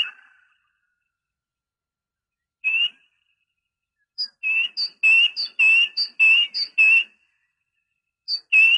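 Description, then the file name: Great tit song of ringing two-note phrases, a lower and a higher whistled note alternating rapidly in a steady repeated series. Training (masteran) recording for songbirds. "suara masteran great tit"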